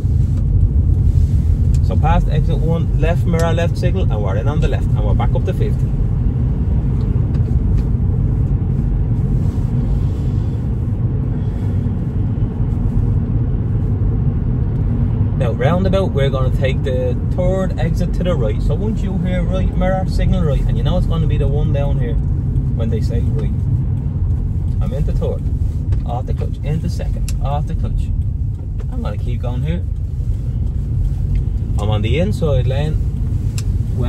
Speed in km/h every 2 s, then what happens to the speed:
30, 38, 46, 52, 50, 53, 54, 53, 52, 48, 43, 34, 27, 20, 13, 17, 24.
0-5 speeds up to 52. 5-12 steady at about 52. 12-28 slows to 13. 28-34 speeds up to 24.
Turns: none.